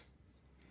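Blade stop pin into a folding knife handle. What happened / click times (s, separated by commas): The small metal pin dropped fully into place / 0.6 s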